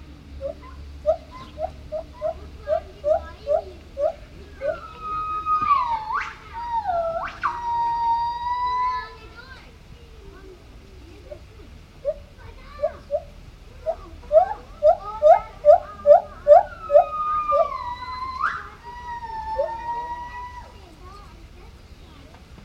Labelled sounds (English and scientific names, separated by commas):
Lar Gibbon (Hylobates lar)